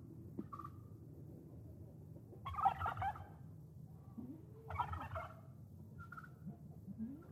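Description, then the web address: Turkey gobbles, two rattling bursts a couple of seconds apart, with softer short calls around them. "Madacy Music Group Inc 292 Sound Effects. Turkeys"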